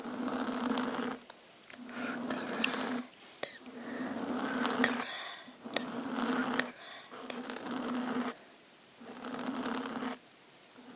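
Scratching and hand movements come in about five rough, buzzing bursts, each lasting one to two seconds and broken by short quiet gaps. A steady low hum runs under each burst, with scattered sharp ticks and brighter scrapes mixed in, and the loudness rises and falls with every stroke.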